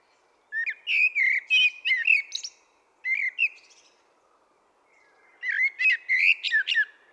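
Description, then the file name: Common blackbird song: three rich, flute-like warbling phrases separated by pauses, with higher, scratchy twittering notes. "Turdus merula"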